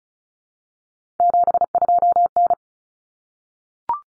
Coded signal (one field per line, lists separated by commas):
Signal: Morse code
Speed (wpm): 34 wpm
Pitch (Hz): 700 Hz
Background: none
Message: 72N